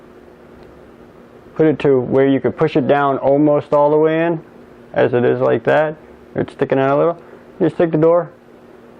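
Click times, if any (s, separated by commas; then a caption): none. A microSD card sits in the memory card slot of a GoPro Hero 5 Session action camera, pushed almost all the way in and sticking out a little. Someone talks throughout over a low steady hum, with no distinct mechanical sounds. The small plastic memory card door has not yet been closed, and nothing has seated or clicked.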